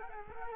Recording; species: mosquito wingbeat signal from an infrared sensor; Culex quinquefasciatus